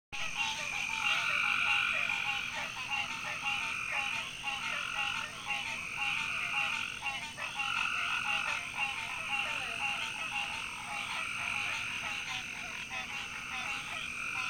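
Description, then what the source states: Frogs calling in a dense chorus, rapid overlapping croaks and trills mixing with steady high-pitched ringing, loud and continuous throughout without pause. Many loud frogs around a pond in the evening.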